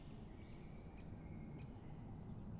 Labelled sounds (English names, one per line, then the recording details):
Great Spotted Woodpecker
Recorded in Germany
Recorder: ecoPi